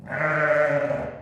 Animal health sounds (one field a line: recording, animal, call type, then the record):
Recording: contact call of a hoofed animal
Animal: sheep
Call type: low-frequency (closed-mouth) or high-frequency (open-mouth) call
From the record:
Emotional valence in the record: negative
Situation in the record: short social isolation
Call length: 1.22 s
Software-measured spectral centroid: 1400 Hz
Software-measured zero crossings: 1690 a second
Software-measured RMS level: -23 dBFS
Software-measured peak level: -10 dBFS